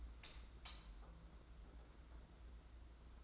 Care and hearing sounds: daily activity, microphone in the room; light on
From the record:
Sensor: 3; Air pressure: 991.9 hPa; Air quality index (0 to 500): 220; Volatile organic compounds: 1000 ppm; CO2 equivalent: 7550 ppm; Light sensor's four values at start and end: 16/38/15/14 and 22/59/23/21

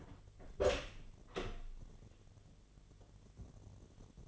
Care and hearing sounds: daily activity, microphone in the room; open door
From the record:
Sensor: 4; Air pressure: 1007.9 hPa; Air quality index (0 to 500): 186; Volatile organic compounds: 6 ppm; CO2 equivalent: 1854 ppm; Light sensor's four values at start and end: 24/75/28/28 and 23/73/28/27

